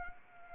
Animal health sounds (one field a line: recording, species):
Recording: mosquito wingbeat signal from an infrared sensor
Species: Anopheles arabiensis